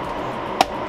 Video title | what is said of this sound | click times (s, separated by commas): SAS Expander Card, for 16 bays in a Lenovo x3650 M3 - 629 | There, locked into place. | 0.6 s